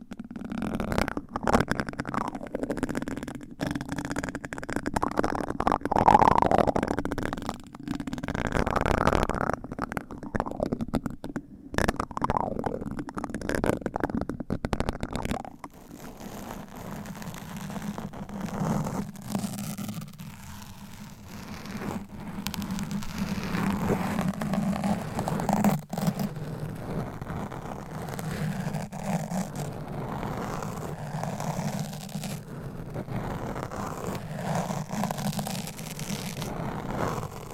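Scratching and tapping with a constant low rumble, dense scraping bursts broken by short silences, growing steadier and quieter after fifteen seconds.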